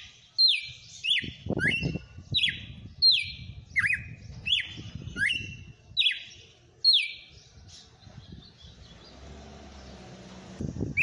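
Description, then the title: Red-cowled cardinal singing a series of clear, descending whistled phrases for about seven seconds, then stopping; low background noise continues underneath and after. Female bird, singing. "Canto Galo Campina Fêmea. Galo de campina cantando. FENRIR"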